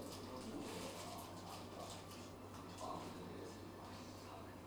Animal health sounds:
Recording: poultry house recording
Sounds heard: no chicken sound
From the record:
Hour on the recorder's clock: 18

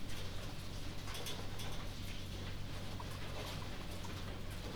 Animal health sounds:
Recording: poultry house recording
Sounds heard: healthy chickens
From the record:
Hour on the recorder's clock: 22

